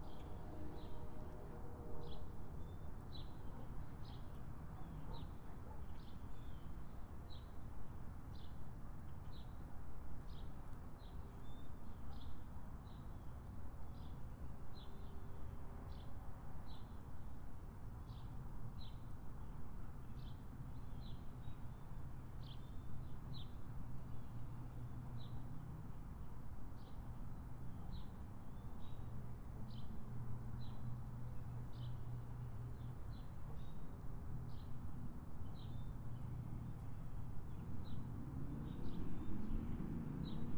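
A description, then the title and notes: A spring evening backyard with regular insect-like chirps pulsing steadily high above a constant low rumble of traffic, louder near the end. Spring Evening. Tascam DR-05X Linear PCM Recorder. Recording in my backyard in the mid evening.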